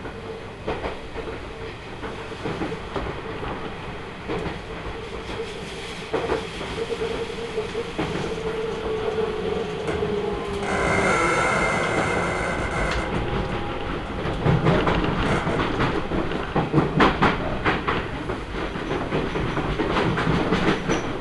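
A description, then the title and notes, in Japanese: Inside a Seibu Railway train, a steady low rumble of wheels with faint clicks, a bright squeal around eleven seconds, then louder rattling. 耳で楽しむ鉄道旅 西武鉄道 本川越→東村山→小川→萩山→青梅街道。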